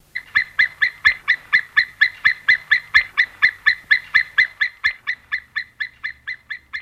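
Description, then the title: White-tailed Eagle calling: a long series of loud, sharp yelping notes in rapid succession, steady at first, then softer toward the end. "Viikon luontoääni: Merikotka"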